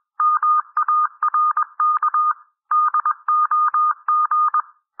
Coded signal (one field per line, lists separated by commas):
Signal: Morse code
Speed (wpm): 21 wpm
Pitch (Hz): 1220 Hz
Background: none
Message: MARK DOG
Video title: Improve Your Morse Code 18-21 WPM - 21-21 WPM